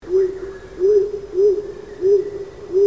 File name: Columba oenas